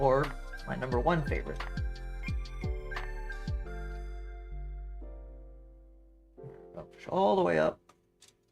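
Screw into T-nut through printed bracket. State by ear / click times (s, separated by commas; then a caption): not seated / none. On an Ender 5 Pro, a screw is pushed all the way up through a printed bracket into a T-nut on the frame while music plays and someone talks, ending with only a faint, brief tick near 8.2 s. Nothing has caught or clicked yet: the thread fails to grab the nut, and the screw is suspected to be too short.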